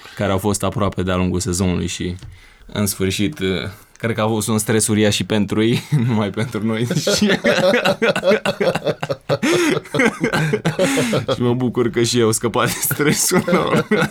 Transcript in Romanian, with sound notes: care au fost aproape de-a lungul sezonului și cred că a fost un stres uriaș și pentru ei, nu numai pentru noi (râde cu poftă) și mă bucur că și ei au scăpat de stresul ăsta.